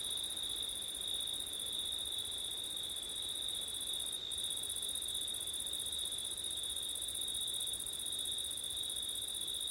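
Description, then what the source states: Steady shrill cricket trilling without breaks, plus a piercing higher band that briefly drops out midway; soft noise beneath. Crickets recorded on a September night with wind.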